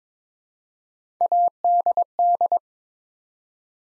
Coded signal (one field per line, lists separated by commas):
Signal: Morse code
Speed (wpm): 22 wpm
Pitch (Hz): 700 Hz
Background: none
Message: ADD